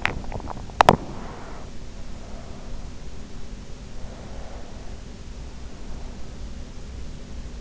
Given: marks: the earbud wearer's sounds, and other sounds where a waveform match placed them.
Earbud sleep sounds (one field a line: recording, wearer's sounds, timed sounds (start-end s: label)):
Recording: sounds in sleep by an in-ear microphone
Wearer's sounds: swallowing, teeth grinding, breath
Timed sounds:
0.00-0.70 s: swallowing
0.73-1.03 s: teeth grinding
1.03-2.73 s: breath
3.93-6.46 s: breath